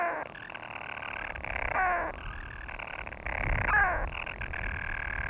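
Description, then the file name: European storm petrel giving a long churring purr, broken twice by a sharp descending hiccup note. "Storm Petrel (Hydrobates pelagicus)"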